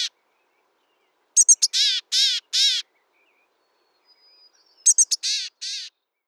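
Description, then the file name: Grey-headed chickadee giving two chick-a-dee calls, each three quick high notes followed by two or three harsh, buzzy, drawn-out notes, with quiet between series. "gray headed chickadee"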